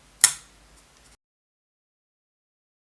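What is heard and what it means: An M.2 NVMe SSD is pushed into the M.2 adapter on a laptop motherboard, and a single sharp, loud click sounds at 0.2 s, followed by faint low rustling that fades out by about 1.1 s. The SSD is seated in the adapter.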